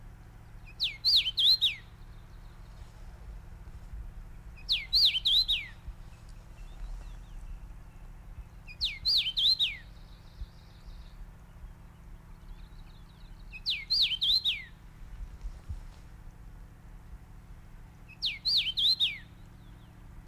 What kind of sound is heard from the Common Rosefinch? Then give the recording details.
song. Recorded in the wild. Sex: male. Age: adult. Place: Paratunka, Kamtschatka, RU. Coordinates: 53.5667, 158.417. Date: 1999-06-14 10:05. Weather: overcast, ca. 10°C. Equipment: Sony WM-D6C, Sennheiser ME 80, K 30 AV Schalter I, Kopie Sony TCD-D8. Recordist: Frommolt, Karl-Heinz